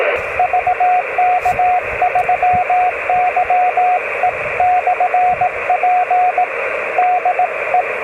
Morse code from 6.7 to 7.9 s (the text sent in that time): DE